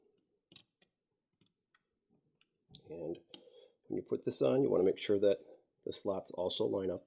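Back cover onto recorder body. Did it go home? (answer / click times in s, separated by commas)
no / none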